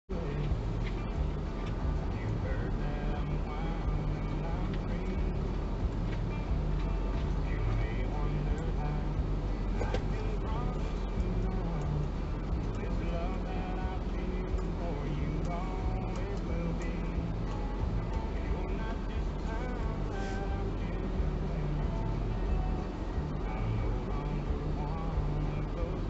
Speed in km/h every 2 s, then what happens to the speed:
0, 0, 0, 0, 0, 0, 0, 0, 0, 0, 0, 0, 0.
0-26 standing.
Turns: none.